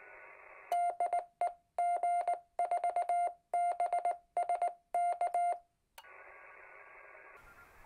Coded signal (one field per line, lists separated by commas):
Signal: Morse code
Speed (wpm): 19 wpm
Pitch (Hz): 700 Hz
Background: none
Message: DE G4BSK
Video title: Setting up the Yaesu FT-817ND QRP Ham Radio for great QRP operation ?